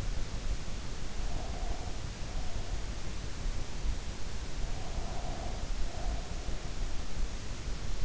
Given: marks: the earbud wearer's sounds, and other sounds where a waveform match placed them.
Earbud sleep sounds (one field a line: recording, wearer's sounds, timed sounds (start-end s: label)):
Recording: sounds in sleep by an in-ear microphone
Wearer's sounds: breath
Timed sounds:
1.22-2.91 s: breath
4.67-6.42 s: breath